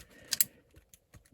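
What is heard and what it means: The plastic chest panel of a Transformers Kingdom War for Cybertron Trilogy Galvatron transforming action figure is pushed down so its tab seats into the tab hole. Two sharp plastic clicks at 0.3 s and 0.4 s mark the chest snapping all the way into place. They are followed by a few fainter ticks and light handling noise.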